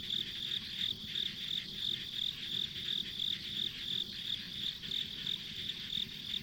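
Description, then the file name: Insect chirping in quick high pulses, close to three a second, amid continuous buzzing insects and low background rumble. Ambient insect sounds recorded on a country road. "田舎道の虫の環境音"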